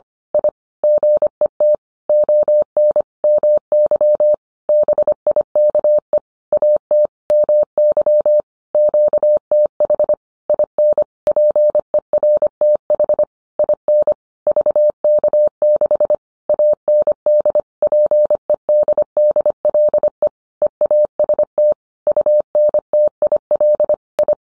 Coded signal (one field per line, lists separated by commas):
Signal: Morse code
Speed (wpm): 25 wpm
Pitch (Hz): 600 Hz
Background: none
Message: I GET ON MY BIKE AT MY QTH IN PERTH IN VK6 AND PEDDLE EAST UNTIL I